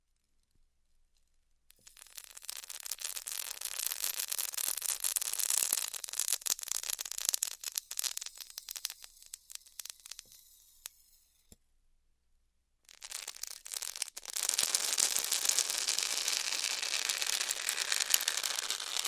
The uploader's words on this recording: ASMR Styrofoam Heat Cutting (No Talking).